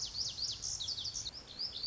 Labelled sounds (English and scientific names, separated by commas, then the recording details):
Lazuli Bunting (Passerina amoena)
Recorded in Sonoma County, California